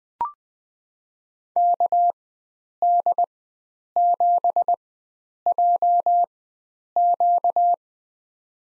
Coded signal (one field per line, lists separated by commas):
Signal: Morse code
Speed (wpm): 20 wpm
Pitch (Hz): 700 Hz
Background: none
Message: KD7JQ